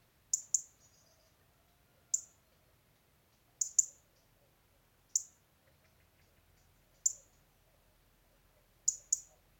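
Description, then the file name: European robin repeating hard, high ticks, nine in all, several delivered as quick doubles. "Erithacus rubecula"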